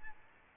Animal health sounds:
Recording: mosquito wingbeat signal from an infrared sensor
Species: Aedes albopictus

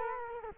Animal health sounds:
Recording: mosquito wingbeat signal from an infrared sensor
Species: Culex quinquefasciatus

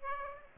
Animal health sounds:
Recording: mosquito wingbeat signal from an infrared sensor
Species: Aedes aegypti

